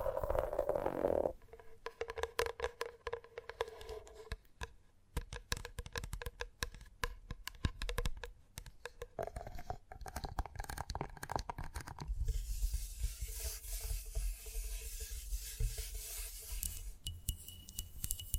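Gentle tapping in quick, uneven bursts of small clicks, some soft and some sharper, running through most of the stretch. A low hum sits underneath, and after about twelve seconds a brighter hiss and scratchy rustle join the taps until the end.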